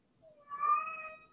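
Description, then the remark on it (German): A tomcat lets out a single drawn-out meow, rising into a strong, tonal middle and tapering off, moderately loud with no talking around it. “Kater, bitte.”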